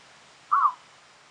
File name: Eurasian Bittern